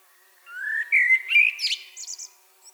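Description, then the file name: Common blackbird singing one short phrase, mellow rising fluting notes followed by a scratchy, high-pitched twittering flourish. "Turdus merula"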